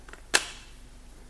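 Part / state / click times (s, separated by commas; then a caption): lower ring onto espresso maker body / seated / 0.4 s. The metal lower ring of a lever espresso maker, lined up with its logo facing the pressure gauge, is settled onto the body. After a couple of faint ticks near 0.1 s, a single sharp, bright metallic click sounds at 0.4 s and fades quickly. The ring is seated in place and ready to thread on.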